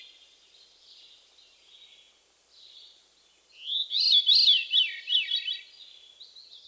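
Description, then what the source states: Veery song: faint breezy notes, then a loud rolling, spiralling phrase, fading into soft high notes. Haunting song of downward-spiralling, flute-like notes; song and call notes, the call note seeming to repeat the bird's name, veer, veer.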